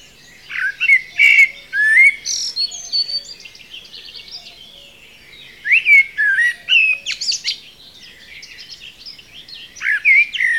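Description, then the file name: Common blackbird sings rich, fluting phrases mixed with sharp high squeaks and chattering flourishes, three bursts spread throughout with short gaps between them. "Turdus merula"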